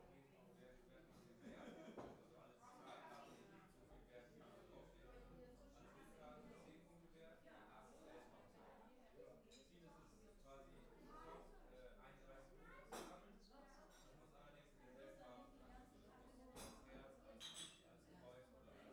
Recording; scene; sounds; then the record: everyday scene through a hearing-aid microphone; many people talking; many voices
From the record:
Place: parish hall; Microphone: behind the ear, right, rear